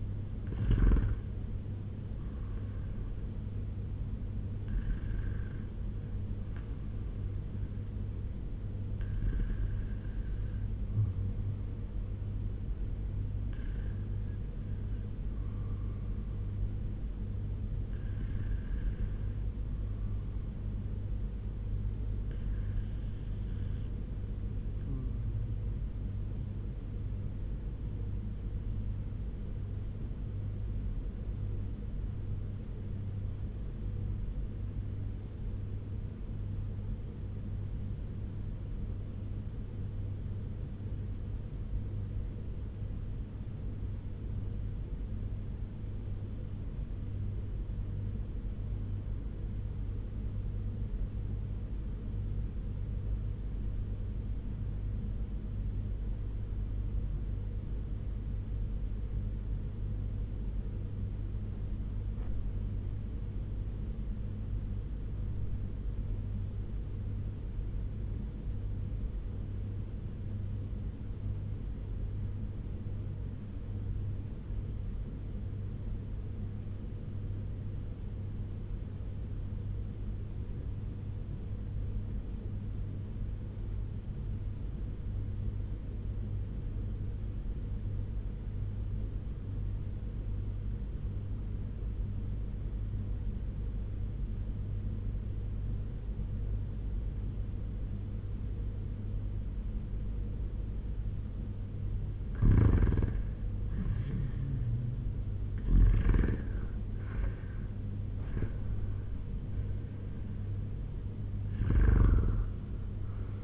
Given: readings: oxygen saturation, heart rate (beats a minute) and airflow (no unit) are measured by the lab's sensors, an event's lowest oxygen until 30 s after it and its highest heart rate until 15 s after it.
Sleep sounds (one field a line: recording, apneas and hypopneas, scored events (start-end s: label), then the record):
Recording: breathing in sleep by a smartphone at the bedside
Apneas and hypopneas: 1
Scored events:
34.00-104.10 s: obstructive apnea (REM, oxygen 97% highest, then 73% lowest, heart rate 87 at the start, 104 highest)
From the record:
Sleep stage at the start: REM sleep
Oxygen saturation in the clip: 75 to 97%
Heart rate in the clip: 49 to 104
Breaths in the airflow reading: 11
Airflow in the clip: -8.9 to 5.7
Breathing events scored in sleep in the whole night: 201 in 6.5 hours asleep